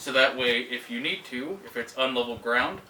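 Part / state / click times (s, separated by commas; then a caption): bipod leg locking into its hinge on a rifle / not seated / none. Someone talks while handling a bipod leg on a JG M14 EBR airsoft rifle, working it toward its locked position in the hinge. Nothing has seated or clicked yet; the bipod leg has not locked into place by the end of the clip.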